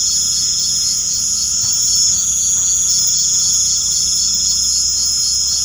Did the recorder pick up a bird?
no